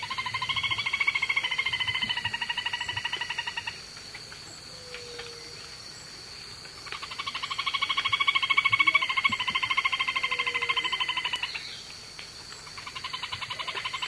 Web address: Natures Songs S America Eastern Lowlands Laterallus fasciatus, song